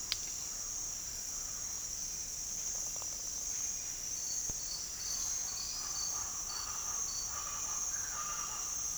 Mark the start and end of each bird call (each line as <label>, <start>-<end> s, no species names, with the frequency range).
bird call (0.5-1.5 kHz), 5.69-8.98 s